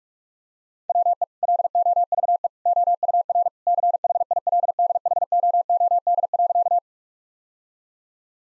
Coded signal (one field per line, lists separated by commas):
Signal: Morse code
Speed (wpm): 46 wpm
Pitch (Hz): 700 Hz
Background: none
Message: WE LOVE OUR CHILDHOOD.